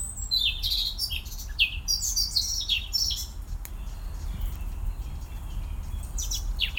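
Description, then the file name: Eurasian blackcap song: a rich burst of warbled and whistled notes over the first three seconds, then quieter, with a brief scratchy phrase at the end. "Sylvia atricapilla"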